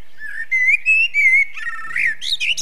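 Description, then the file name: Common blackbird song: a few clear, fluted whistled notes followed by a squeaky, jumbled twitter at the end of the phrase. Song described in Slovenian as žvrgolenje, meaning warbling. "Kos-žvrgolenje"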